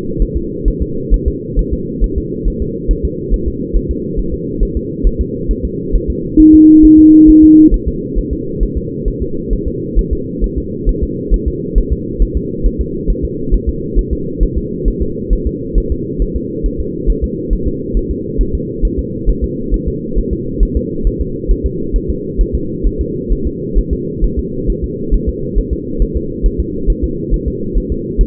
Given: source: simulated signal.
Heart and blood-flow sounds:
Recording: fetal heart sounds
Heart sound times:
0.22 s: S1
0.37 s: S2
0.68 s: S1
0.82 s: S2
1.14 s: S1
1.28 s: S2
1.59 s: S1
1.73 s: S2
2.04 s: S1
2.18 s: S2
2.48 s: S1
2.62 s: S2
2.91 s: S1
3.05 s: S2
3.34 s: S1
3.48 s: S2
3.76 s: S1
3.91 s: S2
4.19 s: S1
4.34 s: S2
4.63 s: S1
4.77 s: S2
5.07 s: S1
5.21 s: S2
5.51 s: S1
5.65 s: S2
5.96 s: S1
6.10 s: S2
6.40 s: S1
6.54 s: S2
6.85 s: S1
6.99 s: S2
7.29 s: S1
7.44 s: S2
7.74 s: S1
7.88 s: S2
8.19 s: S1
8.33 s: S2
8.63 s: S1
8.77 s: S2
9.08 s: S1
9.22 s: S2
9.53 s: S1
9.68 s: S2
9.99 s: S1
10.13 s: S2
10.44 s: S1
10.58 s: S2
10.89 s: S1
11.03 s: S2
11.34 s: S1
11.48 s: S2
11.78 s: S1
11.93 s: S2
12.22 s: S1
12.37 s: S2
12.66 s: S1
12.81 s: S2
13.10 s: S1
13.25 s: S2
13.54 s: S1
13.69 s: S2
13.99 s: S1
14.13 s: S2
14.43 s: S1
14.57 s: S2
14.88 s: S1
15.02 s: S2
15.33 s: S1
15.47 s: S2
15.78 s: S1
15.92 s: S2
16.22 s: S1
16.36 s: S2
16.66 s: S1
16.80 s: S2
17.10 s: S1
17.24 s: S2
17.53 s: S1
17.68 s: S2
17.97 s: S1
18.11 s: S2
18.41 s: S1
18.55 s: S2
18.85 s: S1
18.99 s: S2
19.29 s: S1
19.44 s: S2
19.74 s: S1
19.88 s: S2
20.18 s: S1
20.33 s: S2
20.63 s: S1
20.77 s: S2
21.07 s: S1
21.21 s: S2
21.51 s: S1
21.66 s: S2
21.96 s: S1
22.10 s: S2
22.41 s: S1
22.55 s: S2
22.87 s: S1
23.01 s: S2
23.32 s: S1
23.47 s: S2
23.78 s: S1
23.93 s: S2
24.24 s: S1
24.39 s: S2
24.70 s: S1
24.84 s: S2
25.14 s: S1
25.29 s: S2
25.59 s: S1
25.73 s: S2
26.02 s: S1
26.17 s: S2
26.46 s: S1
26.60 s: S2
26.90 s: S1
27.04 s: S2
27.34 s: S1
27.48 s: S2
27.78 s: S1
27.92 s: S2
28.21 s: S1
From the record:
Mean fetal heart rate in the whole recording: 135 bpm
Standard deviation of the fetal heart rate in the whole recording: 3 bpm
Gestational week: 36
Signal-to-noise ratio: -6.6 dB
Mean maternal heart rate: 72 bpm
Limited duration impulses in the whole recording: present

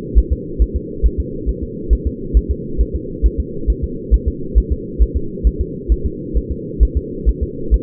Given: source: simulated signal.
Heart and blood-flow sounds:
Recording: fetal heart sounds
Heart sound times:
0.18 s: S1
0.33 s: S2
0.62 s: S1
0.76 s: S2
1.06 s: S1
1.20 s: S2
1.49 s: S1
1.63 s: S2
1.93 s: S1
2.07 s: S2
2.37 s: S1
2.51 s: S2
2.81 s: S1
2.95 s: S2
3.26 s: S1
3.40 s: S2
3.70 s: S1
3.84 s: S2
4.14 s: S1
4.28 s: S2
4.58 s: S1
4.72 s: S2
5.02 s: S1
5.17 s: S2
5.47 s: S1
5.61 s: S2
5.92 s: S1
6.06 s: S2
6.37 s: S1
6.52 s: S2
6.83 s: S1
6.97 s: S2
7.29 s: S1
7.43 s: S2
7.74 s: S1
From the record:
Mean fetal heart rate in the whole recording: 135 bpm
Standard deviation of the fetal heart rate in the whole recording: 3 bpm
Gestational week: 34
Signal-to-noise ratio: -4.3 dB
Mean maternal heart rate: 72 bpm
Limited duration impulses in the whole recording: absent

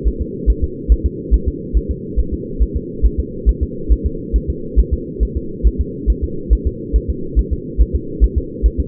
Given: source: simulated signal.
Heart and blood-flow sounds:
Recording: fetal heart sounds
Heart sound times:
0.08 s: S1
0.22 s: S2
0.50 s: S1
0.64 s: S2
0.92 s: S1
1.06 s: S2
1.34 s: S1
1.48 s: S2
1.77 s: S1
1.91 s: S2
2.20 s: S1
2.34 s: S2
2.62 s: S1
2.76 s: S2
3.06 s: S1
3.20 s: S2
3.49 s: S1
3.63 s: S2
3.92 s: S1
4.06 s: S2
4.36 s: S1
4.50 s: S2
4.80 s: S1
4.94 s: S2
5.23 s: S1
5.37 s: S2
5.67 s: S1
5.81 s: S2
6.10 s: S1
6.24 s: S2
6.53 s: S1
6.67 s: S2
6.96 s: S1
7.10 s: S2
7.39 s: S1
7.53 s: S2
7.81 s: S1
7.95 s: S2
8.24 s: S1
8.38 s: S2
8.66 s: S1
8.80 s: S2
From the record:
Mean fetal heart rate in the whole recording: 140 bpm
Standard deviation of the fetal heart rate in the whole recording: 2 bpm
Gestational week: 34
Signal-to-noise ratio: -4.3 dB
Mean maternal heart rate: 72 bpm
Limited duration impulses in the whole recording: absent

